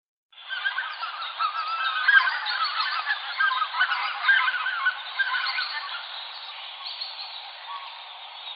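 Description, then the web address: Greater white-fronted goose flock calling: a continuous, overlapping mass of yelping and cackling honks from many birds, slowly fading toward the end. "Uzbek hayvonlar. Anser albifrons"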